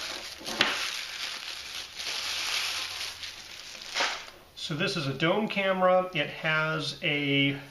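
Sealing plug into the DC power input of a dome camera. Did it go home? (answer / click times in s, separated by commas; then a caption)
yes / 0.6 s. A small rubber or plastic sealing plug is pressed into the unused 12 V DC power input of a Panoob 5MP PoE dome camera to seal it, with crinkling handling noise before a sharp snap at 0.6 s. The plug seats and forms a good watertight seal, and afterward someone talks.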